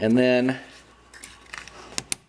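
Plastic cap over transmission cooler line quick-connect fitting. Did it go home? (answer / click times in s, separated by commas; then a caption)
yes / 2.0 s, 2.1 s. Someone talks, then the plastic cap is snapped back over the top of a seated transmission cooler line quick-connect fitting on a 2008 Chevy Suburban. After a few faint clicks, two sharp snaps land at 2.0 s and 2.1 s as the cap seats over the fitting.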